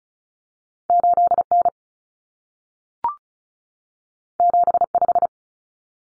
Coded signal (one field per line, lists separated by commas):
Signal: Morse code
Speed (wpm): 36 wpm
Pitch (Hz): 700 Hz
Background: none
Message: 8N 75